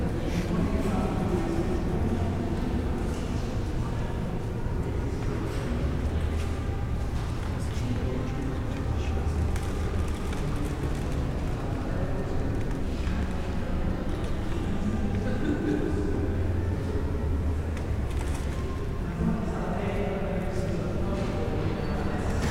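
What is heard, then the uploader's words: Inside Bath Abbey, a steady murmur of many low voices fills the whole stretch, dense and unbroken with no single speaker standing out. Faint footsteps and small clicks surface now and then, and a low rumble runs underneath throughout. Binaural Bath Abbey Ambiance | City of Bath.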